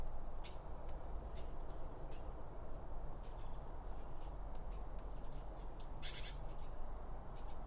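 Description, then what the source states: Birds giving two bursts of rapid high chirps, one at the start and one past the middle, with a low continuous background hum. Birds around a bird feeder, recorded with two Line Audio OM 1 microphones.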